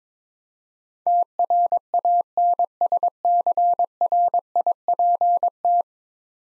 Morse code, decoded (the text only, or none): TRANSCRIPT